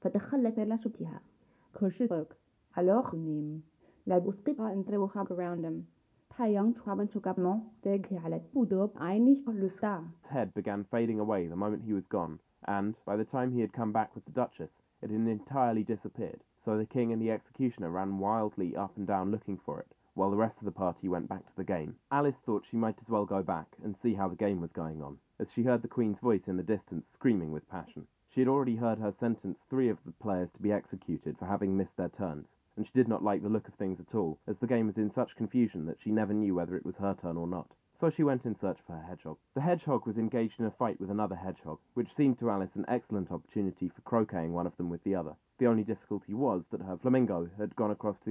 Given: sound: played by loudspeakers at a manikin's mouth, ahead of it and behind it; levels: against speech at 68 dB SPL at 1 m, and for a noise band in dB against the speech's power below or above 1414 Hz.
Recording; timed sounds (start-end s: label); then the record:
test signals for a remote microphone
0.00-10.23 s: speech test signal (ISTS)
10.23-48.31 s: man speaking
From the record:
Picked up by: measurement microphone